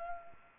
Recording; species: mosquito wingbeat signal from an infrared sensor; Anopheles arabiensis